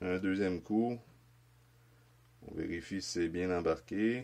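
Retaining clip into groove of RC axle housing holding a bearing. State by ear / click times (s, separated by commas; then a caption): not seated / none. A steel retaining clip is being handled with needle-nose pliers at its groove inside the RC axle housing of a Yeti XL differential, where it will hold the third bearing. Someone talks, with a quiet low hum between about 1.0 and 2.4 s. Nothing has seated or clicked yet.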